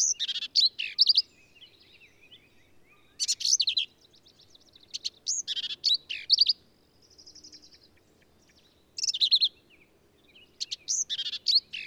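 Black-capped vireo singing varied, high, scratchy phrases separated by pauses, with a quieter buzzy phrase in one gap.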